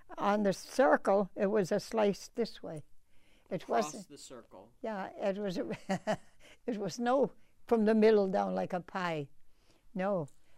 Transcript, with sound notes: On the circle, it was a slice this way. It was —
Across the circle.
Yeah. It was — [chuckles] it was no from the middle down like a pie. No.